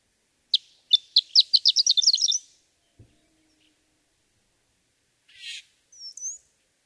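Horned lark song, high introductory notes accelerating into a tinkling twittery run, followed by silence and a few softer notes.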